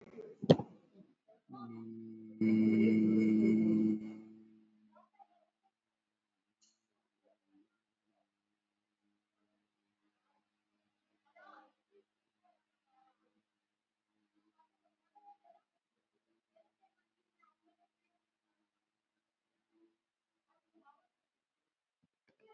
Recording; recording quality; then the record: sustained vowel as in beet; excellent, no background noise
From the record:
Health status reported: COVID-19 positive, moderate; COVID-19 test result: positive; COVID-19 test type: RT-PCR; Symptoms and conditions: cough, cold, muscle pain, hypertension, diabetes, ischaemic heart disease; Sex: male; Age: 57 years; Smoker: yes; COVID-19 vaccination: both doses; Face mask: worn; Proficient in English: yes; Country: India